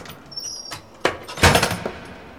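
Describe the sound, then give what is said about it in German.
A car driven by a drunk driver speeds off: a thin, high tire squeal, then a sharp knock and a loud rushing surge of engine and tire noise that fades within about two seconds, with no talking. “sich in sein Auto gesetzt und war mit quietschenden Reifen davongebraust.”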